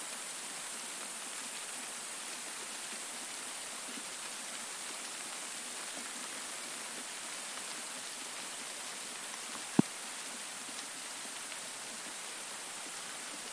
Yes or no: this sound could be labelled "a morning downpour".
yes